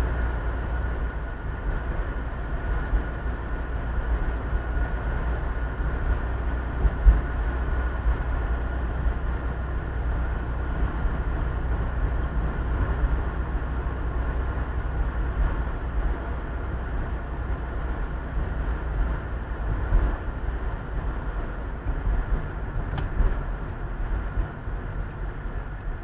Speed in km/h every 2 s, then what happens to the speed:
35, 34, 34, 34, 36, 36, 35, 36, 36, 35, 35, 33, 25.
0-20 steady at about 35. 20-26 slows to 25.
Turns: none.